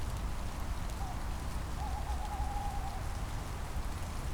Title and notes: rainy night in Schönbuch, BaWü, DE. Featuring Red Deer, Tawny Owl, and some rain. Recorded September 2022.